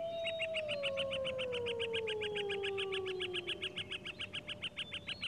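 Wolf howl, a long smooth tone sliding slowly downward, with rapid repeated bird chirps throughout and chirping continuing after the howl fades.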